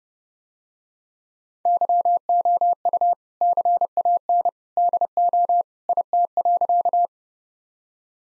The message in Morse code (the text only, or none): YOU CAN DO IT.